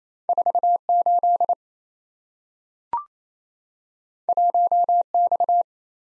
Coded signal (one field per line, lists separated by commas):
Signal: Morse code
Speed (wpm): 27 wpm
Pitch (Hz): 700 Hz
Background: none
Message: 48 1X